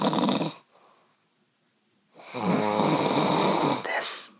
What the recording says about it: It's 2 o'clock in the morning. His snoring is so loud that he can't even hear what I'm saying right now.